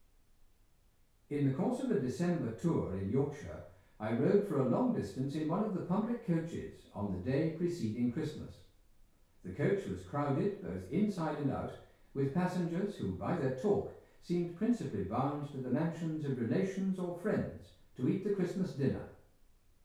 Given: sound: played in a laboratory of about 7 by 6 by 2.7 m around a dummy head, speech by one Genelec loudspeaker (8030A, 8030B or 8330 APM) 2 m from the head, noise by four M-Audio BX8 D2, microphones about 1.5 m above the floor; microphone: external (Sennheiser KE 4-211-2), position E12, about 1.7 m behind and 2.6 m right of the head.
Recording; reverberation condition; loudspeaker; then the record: male speech in English; medium; 150 degrees to the right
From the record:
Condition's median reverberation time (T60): about 510 ms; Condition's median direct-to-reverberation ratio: about -0.5 dB